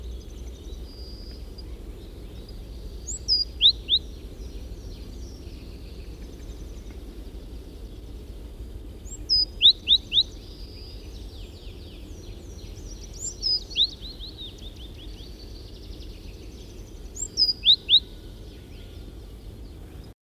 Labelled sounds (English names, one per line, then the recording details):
Great Tit call
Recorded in the wild
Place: Mölln-Medow, Insel Rügen, Mecklenburg-Vorpommern, DE
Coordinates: 54.375, 13.4136
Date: 1974-05-04
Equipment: Nagra III BH, Sennheiser MD 21, parabola
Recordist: Schubert, Michael
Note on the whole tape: Rufe Kohlmeisen